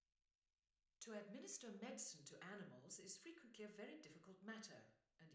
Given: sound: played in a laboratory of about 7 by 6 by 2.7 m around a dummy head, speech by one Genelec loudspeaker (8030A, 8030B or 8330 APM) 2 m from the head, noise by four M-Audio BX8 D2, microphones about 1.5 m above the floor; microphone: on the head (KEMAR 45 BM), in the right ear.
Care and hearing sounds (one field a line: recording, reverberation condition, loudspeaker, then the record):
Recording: female speech in English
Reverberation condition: medium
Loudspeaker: 90 degrees to the right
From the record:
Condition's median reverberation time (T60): about 510 ms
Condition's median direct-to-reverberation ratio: about -0.5 dB